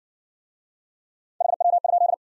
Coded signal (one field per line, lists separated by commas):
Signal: Morse code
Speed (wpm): 55 wpm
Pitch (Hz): 700 Hz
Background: none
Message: HW?